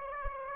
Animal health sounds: mosquito wingbeat signal from an infrared sensor; Aedes aegypti

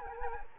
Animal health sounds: mosquito wingbeat signal from an infrared sensor; Anopheles gambiae

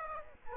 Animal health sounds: mosquito wingbeat signal from an infrared sensor; Aedes aegypti

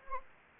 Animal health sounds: mosquito wingbeat signal from an infrared sensor; Anopheles gambiae

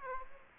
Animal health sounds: mosquito wingbeat signal from an infrared sensor; Aedes aegypti

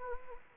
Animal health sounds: mosquito wingbeat signal from an infrared sensor; Anopheles gambiae

